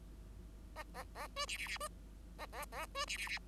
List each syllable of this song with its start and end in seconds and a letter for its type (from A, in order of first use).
0.75-0.83 A, 0.94-1.03 A, 1.15-1.28 A, 1.36-1.46 B, 1.47-1.57 C, 1.57-1.67 C, 1.67-1.78 C, 1.80-1.88 B, 2.38-2.46 A, 2.52-2.65 A, 2.72-2.86 A, 2.94-3.05 B, 3.07-3.17 C, 3.17-3.28 C, 3.28-3.38 C